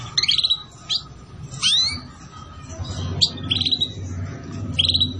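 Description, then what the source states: Canary song: short buzzy trills and one rising whistled slur, in spaced phrases over a low hum. Canary song used as a lure (pikat) to attract birds.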